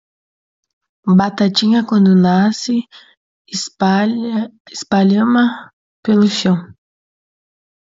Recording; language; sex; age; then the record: short text; Brazilian Portuguese; female; 20 to 29 years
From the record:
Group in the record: control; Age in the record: 26 years